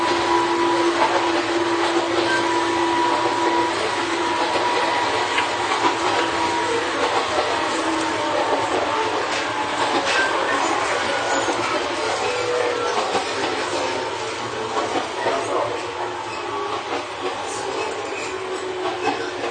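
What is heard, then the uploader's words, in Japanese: An Izuhakone Railway 3000 series steel-bodied train runs between Shuzenji and Mishima with a steady, dense roar and scattered rattles and clicks. A low motor whine holds through the first seconds, then fades. The level stays even, easing slightly near the end. 伊豆箱根鉄道3000系(鋼製車) 修善寺〜三島。車体は20ｍ級3扉車。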